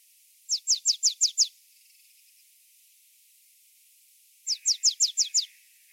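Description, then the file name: Marsh tit calls: two rapid bursts of six high, thin descending notes, each series lasting about a second, separated by a few seconds of quiet. "Poecile palustris"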